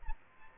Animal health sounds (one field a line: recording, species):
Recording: mosquito wingbeat signal from an infrared sensor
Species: Aedes albopictus